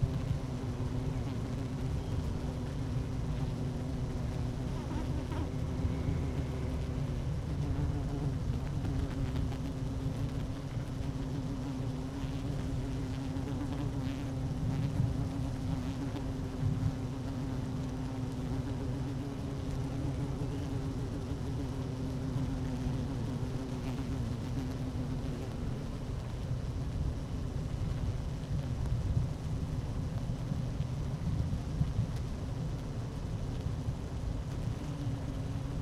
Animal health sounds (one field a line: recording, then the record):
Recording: honeybee colony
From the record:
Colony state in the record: active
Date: 12 June 2018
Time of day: 11:56